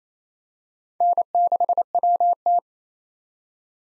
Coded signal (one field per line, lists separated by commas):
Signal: Morse code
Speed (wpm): 28 wpm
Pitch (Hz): 700 Hz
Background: none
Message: N6WT